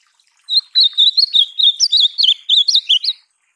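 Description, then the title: Ultramarine grosbeak song: a brisk series of clear whistled notes, some rising sharply, forming a continuous warbling phrase of nearly three seconds. Song presented for training a caged golinha (seedeater) to learn the ultramarine grosbeak's song. "Encarte Seu Golinha Com Este Lindo Canto De Azulão"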